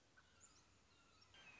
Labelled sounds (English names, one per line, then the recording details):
Red-shouldered Hawk
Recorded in Sonoma County, California